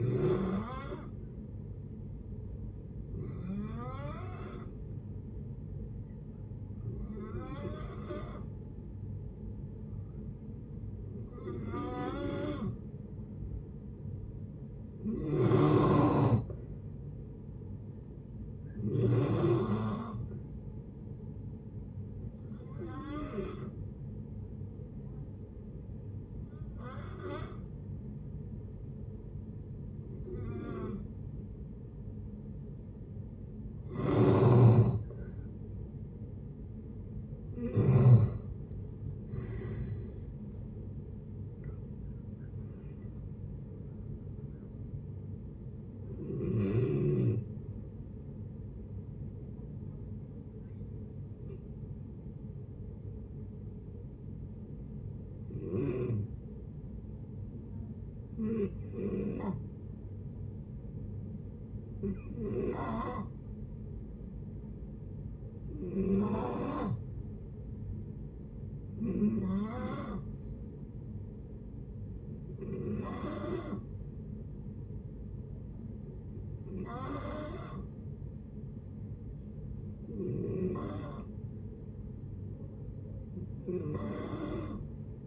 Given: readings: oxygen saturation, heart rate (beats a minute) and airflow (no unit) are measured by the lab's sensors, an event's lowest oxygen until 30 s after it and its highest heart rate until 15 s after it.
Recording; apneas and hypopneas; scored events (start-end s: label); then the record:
breathing in sleep by a smartphone at the bedside; 2
22.00-38.20 s: hypopnea (N2, oxygen 92% highest, then 87% lowest, heart rate 62 at the start, 83 highest)
50.00-71.30 s: hypopnea (N2, oxygen 95% highest, then 88% lowest, heart rate 68 at the start, 68 highest)
From the record:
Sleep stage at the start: N2 (light sleep); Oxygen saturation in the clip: 87 to 95%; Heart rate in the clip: 57 to 83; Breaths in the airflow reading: 23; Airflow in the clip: -10.2 to 13.7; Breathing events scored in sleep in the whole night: 496 in 5.4 hours asleep